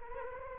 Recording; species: mosquito wingbeat signal from an infrared sensor; Anopheles arabiensis